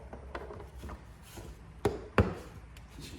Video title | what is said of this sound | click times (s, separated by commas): Fixing GMC P0118 & P0119 Codes: Temperature Gauge Fluctuations and AC Disabled | install this cover should feel click into place | 1.9 s, 2.2 s